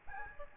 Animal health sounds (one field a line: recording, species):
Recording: mosquito wingbeat signal from an infrared sensor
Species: Aedes albopictus